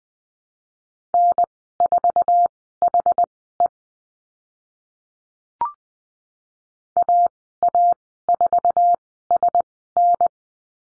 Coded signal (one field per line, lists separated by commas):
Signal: Morse code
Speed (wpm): 20 wpm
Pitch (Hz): 700 Hz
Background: none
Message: N4HE AA4SN